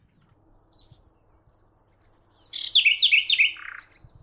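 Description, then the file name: Common nightingale song opening with a slow run of high pure whistles, rising in intensity, then breaking into harsh descending chattering notes. "Luscinia megarhynchos"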